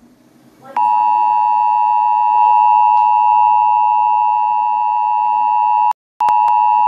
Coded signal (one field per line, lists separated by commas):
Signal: Emergency Alert System (SAME) tones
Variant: 853 and 960 Hz attention tone